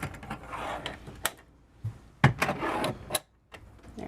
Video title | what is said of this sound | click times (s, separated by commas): 2025 Winnebago Navion 24T | there we go they lock into place | 2.2 s, 3.1 s